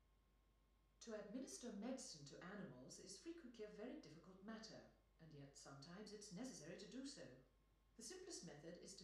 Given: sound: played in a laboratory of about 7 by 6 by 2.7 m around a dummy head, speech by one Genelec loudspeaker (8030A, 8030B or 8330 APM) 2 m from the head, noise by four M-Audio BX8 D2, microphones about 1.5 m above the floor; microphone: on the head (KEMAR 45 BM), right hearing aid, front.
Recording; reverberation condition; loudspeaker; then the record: female speech in English; medium; behind (180 degrees)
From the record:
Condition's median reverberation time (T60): about 510 ms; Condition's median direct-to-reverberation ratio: about -0.5 dB